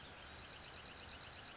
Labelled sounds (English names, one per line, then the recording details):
California Towhee
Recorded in Sonoma County, California